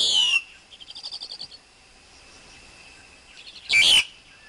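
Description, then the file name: Black-collared Starling song: a descending squeal, then a quick soft stuttering trill, then another loud harsh burst. Wild forest bird's song, used for teaching young birds to sing. "Tieng chim ca cuong rung tap chim con hot"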